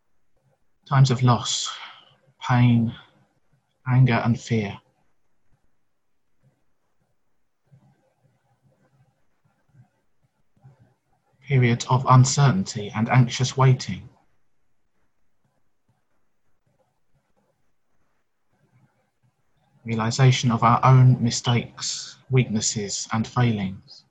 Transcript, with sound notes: times of loss, pain, anger, and fear, [pause]
periods of uncertainty and anxious waiting, [pause]
realisation of our own weaknesses, mistakes and failings,